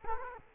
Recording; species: mosquito wingbeat signal from an infrared sensor; Culex quinquefasciatus